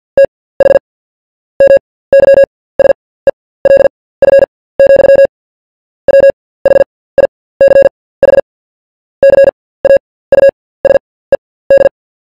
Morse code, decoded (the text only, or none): TH MYSELF, WHICH CAUSED